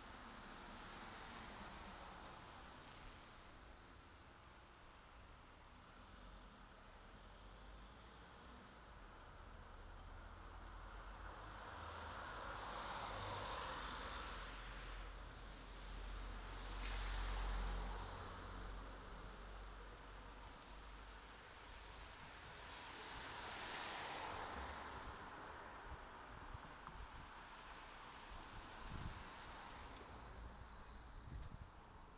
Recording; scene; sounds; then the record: everyday scene through a hearing-aid microphone; in traffic; traffic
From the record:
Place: city secondary road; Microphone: in the ear canal, right